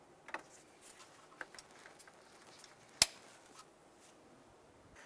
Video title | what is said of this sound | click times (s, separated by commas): How to Replace Air Conditioner Fan Shroud 2001-2005 Honda Civic | and here that one click and then connect the one beside it and | 3.0 s